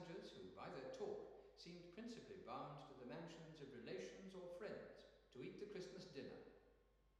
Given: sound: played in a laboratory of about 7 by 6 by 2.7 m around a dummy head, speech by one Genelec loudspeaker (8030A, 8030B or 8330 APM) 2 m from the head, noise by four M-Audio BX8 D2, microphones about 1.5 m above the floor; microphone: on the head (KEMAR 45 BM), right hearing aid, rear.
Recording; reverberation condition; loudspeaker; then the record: male speech in English; high; 120 degrees to the right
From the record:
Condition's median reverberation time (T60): about 1300 ms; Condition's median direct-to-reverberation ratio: about -4.0 dB